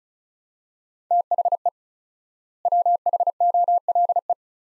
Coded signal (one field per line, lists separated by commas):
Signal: Morse code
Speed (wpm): 34 wpm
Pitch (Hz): 700 Hz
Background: none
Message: THE WHOLE